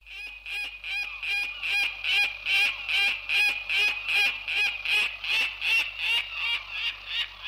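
Peregrine falcon cackling, with rough, nasal notes repeated evenly about two and a half times per second in an unbroken series.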